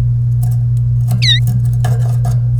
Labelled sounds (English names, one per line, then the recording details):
Domestic Canary song
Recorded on 1 May 2018 at 15:12
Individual llb3